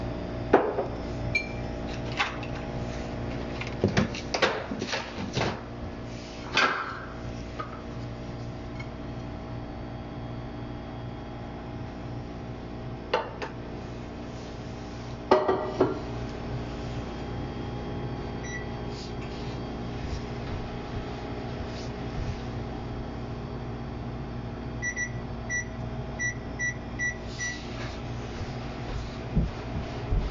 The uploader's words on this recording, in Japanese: 納豆オムレツを混ぜる。納豆オムレツを混ぜている音～焼いている最中の音をお送りします。